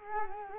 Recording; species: mosquito wingbeat signal from an infrared sensor; Culex quinquefasciatus